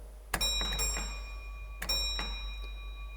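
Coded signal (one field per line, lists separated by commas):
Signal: bell signal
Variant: railway block signalling bell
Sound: several dings of a small signalling bell with a lingering ring, split into groups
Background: room tone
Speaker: and then send the train out of section bell signal two pause one.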